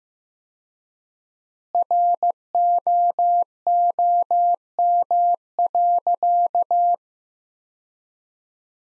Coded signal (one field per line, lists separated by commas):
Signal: Morse code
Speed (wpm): 15 wpm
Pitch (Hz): 700 Hz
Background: none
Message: ROOM.